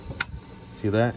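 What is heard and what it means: A cap hoop is pushed onto the cap driver of a Pro maker 15 multi-needle embroidery machine, and its first plastic/metal clip snaps into its opening with a sharp click at 0.2 s, showing the cap frame clip has seated. Someone then talks briefly.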